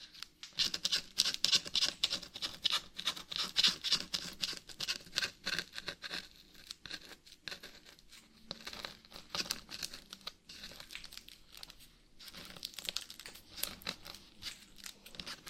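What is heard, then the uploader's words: Scratching: dense, rapid strokes with a bright, papery crinkle, bunched in quick bursts. The strokes are thickest in the first six seconds, then come in sparser runs with short pauses, the loudest near twelve seconds. ASMR Brain Melting Scratching (No Talking).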